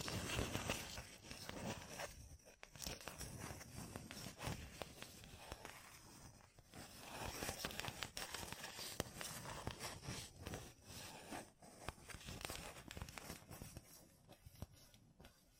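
Gem-covered fingertips tap and scratch in a dense, crackling stream of tiny clicks and rasps. The texture is bright and gritty and keeps going with little letup, dipping briefly in a few short pauses around 2.5, 6.5 and 11.5 seconds before resuming.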